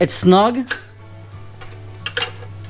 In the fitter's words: top lock assembly it clips in place you'll feel it locks in place